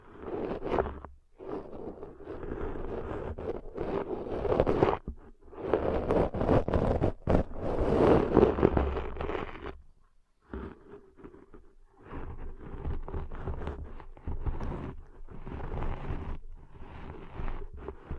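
Ear cleaning sounds in a continuous run of rustling, scraping and crackling, with short gaps near one, five and ten seconds. A low rumble sits underneath, and the busiest, loudest scratching comes between about five and ten seconds before settling into steadier, softer scraping.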